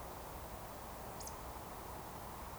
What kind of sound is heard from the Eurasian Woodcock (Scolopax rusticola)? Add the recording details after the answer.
whistle. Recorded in Baden-Württemberg, Germany, on 14 June 2020 at 20:19 UTC. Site 43791, 788 m above sea level